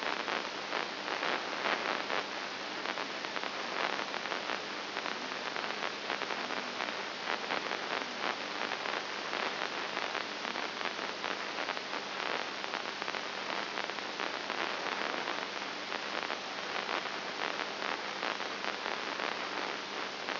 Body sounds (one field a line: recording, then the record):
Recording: brain microelectrode recording played as sound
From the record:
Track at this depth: inside the subthalamic nucleus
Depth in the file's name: 5.9 mm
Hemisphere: right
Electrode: 2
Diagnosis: Parkinson's disease